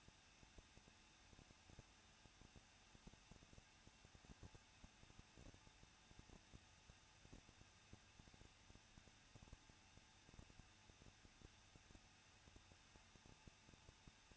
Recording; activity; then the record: daily activity, microphone in the room; no activity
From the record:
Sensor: 2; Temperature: 21.0 degrees Celsius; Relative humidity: 37.4%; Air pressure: 1006.2 hPa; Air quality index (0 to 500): 222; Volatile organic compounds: 24 ppm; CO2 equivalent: 2820 ppm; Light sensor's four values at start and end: 2/3/2/2 and 2/3/2/2